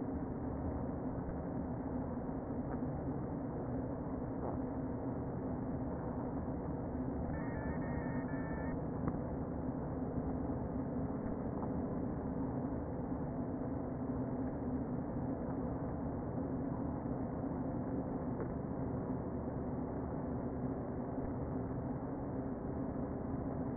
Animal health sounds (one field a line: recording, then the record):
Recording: honeybee colony, microphone inside the hive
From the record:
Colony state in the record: queen present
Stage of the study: before two queens were removed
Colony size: about 60,000 bees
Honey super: yes